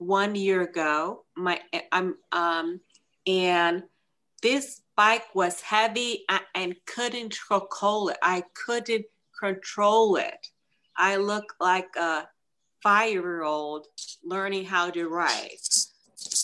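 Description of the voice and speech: An adult woman speaks in short bursts broken by frequent pauses and 'um' fillers, restarting and repeating the phrase 'couldn't control it'. The voice itself is clear. The halting, effortful delivery with word-finding pauses fits mild aphasia.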